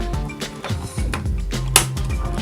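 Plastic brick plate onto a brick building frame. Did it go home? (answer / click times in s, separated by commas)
yes / 1.8 s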